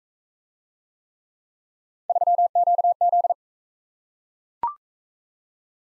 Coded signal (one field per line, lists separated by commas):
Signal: Morse code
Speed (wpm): 38 wpm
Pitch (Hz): 700 Hz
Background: none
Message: 3QZ